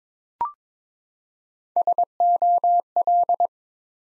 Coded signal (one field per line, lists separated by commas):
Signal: Morse code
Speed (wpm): 22 wpm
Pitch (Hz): 700 Hz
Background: none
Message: SOL